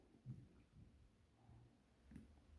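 After missing the lug hole, a fork tool nudges the metal spring bar of a watch strap back toward the lug hole of a watch case for another try. Only soft, low handling thumps are heard, near 0.3 s and 2.2 s, over a quiet background. The spring bar has not clicked into the hole yet.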